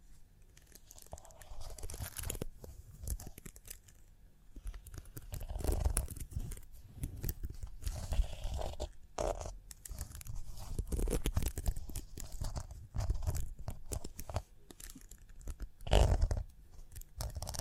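Rhinestones being tapped, scratched and brushed in a dense, irregular stream of crackly, crinkly scrapes with no pause. Sharper tapping clicks stand out around 6, 9 and 16 seconds, and a soft low rumble runs underneath throughout.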